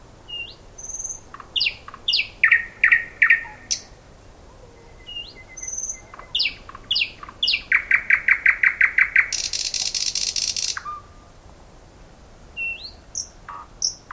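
Thrush nightingale song with sharp clicks and whistled notes, then a rapid burst of repeated chopping notes running into a harsh, dry rattle, followed by scattered high notes.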